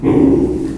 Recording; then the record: squeal of a Yucatan mini pig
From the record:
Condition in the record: before surgery on the right vocal fold (resection and tissue-engineered implant); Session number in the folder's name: 1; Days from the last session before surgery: -3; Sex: male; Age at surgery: 12 weeks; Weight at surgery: 13 kg